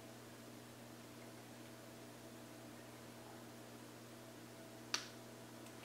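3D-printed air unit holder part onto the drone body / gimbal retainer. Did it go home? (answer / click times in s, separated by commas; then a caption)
yes / 4.9 s. A 3D-printed plastic part of the FPV air unit holder is fitted onto the body and gimbal retainer of a DJI Inspire 2 drone against a steady low hum. A single sharp snap at 4.9 s marks the holder seating into place.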